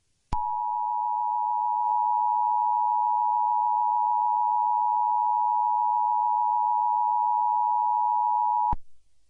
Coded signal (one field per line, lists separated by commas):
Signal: Emergency Alert System (SAME) tones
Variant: 853 and 960 Hz attention tone